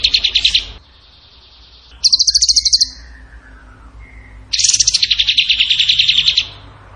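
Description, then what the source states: Bird song: bursts of rapid, high buzzy trills separated by pauses. Training recording (masteran) of a bird singing in the gacor tembakan style.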